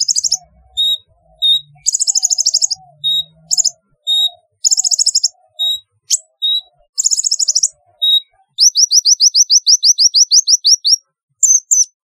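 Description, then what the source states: Sunbird song: bursts of fast, thin, high trills alternating with single bright notes, repeated every second or so, then a long rapid run of rising, sweeping notes and one last note. Song (kicau).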